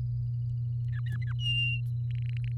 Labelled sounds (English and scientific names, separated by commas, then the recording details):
Domestic Canary (Serinus canaria) song
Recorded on 7 May 2018 at 16:51
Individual llb16